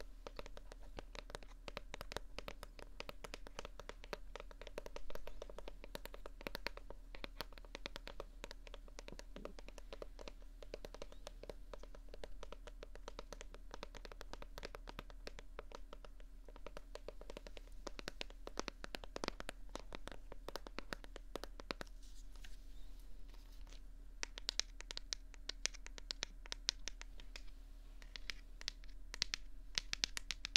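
Soft, quick tapping with light scratching runs throughout, the taps dense and irregular rather than evenly paced. A steady low hum and a faint constant tone sit underneath. The taps grow somewhat sharper near the end.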